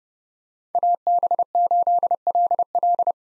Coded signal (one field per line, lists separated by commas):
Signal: Morse code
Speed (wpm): 30 wpm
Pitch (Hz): 700 Hz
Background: none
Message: AB8LL